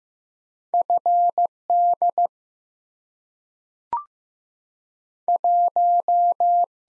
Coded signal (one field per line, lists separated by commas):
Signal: Morse code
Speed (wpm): 15 wpm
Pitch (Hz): 700 Hz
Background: none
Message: F D 1